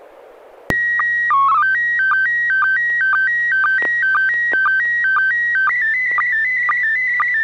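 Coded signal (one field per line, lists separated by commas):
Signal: SSTV (slow-scan television)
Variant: PD 120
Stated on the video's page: SSTV images exchanged on a weekly amateur net via an FM repeater on 441.300 MHz in Sacramento, California.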